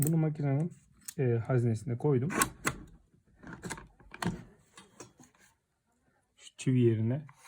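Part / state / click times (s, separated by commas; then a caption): nail magazine slide into electric nail gun / not seated / none. Someone talks while handling the metal magazine slide of a KLPRO KLZC6041E electric nail gun, after loading a strip of 15/32 mm brad nails into its magazine. Short, sharp handling noises come through between phrases around 2.7 s and 3.5–4.2 s. The slide has not yet been pushed home, so nothing has seated or clicked yet.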